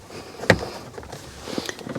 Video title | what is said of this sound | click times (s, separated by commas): 1st Gen Toyota Tundra O/D OFF (Overdrive Off) Light Comes On When Shifting? Common Problem EASY FIX! | it's all snapped back together. | 0.5 s